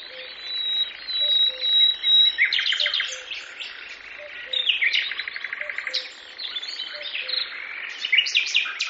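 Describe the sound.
Bird singing a varied song of chirps and quick buzzy trills, with a thin whistled note early on, over a faint low note repeated throughout.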